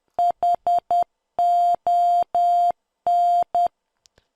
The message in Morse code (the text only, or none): HON